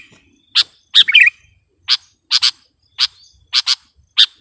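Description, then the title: Sooty-headed bulbul uttering crisp chirps, single and paired, with one brief warbled flourish early on. "kutilang"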